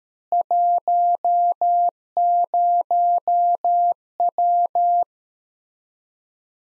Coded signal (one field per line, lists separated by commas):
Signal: Morse code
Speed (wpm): 13 wpm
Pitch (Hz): 700 Hz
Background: none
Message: 10W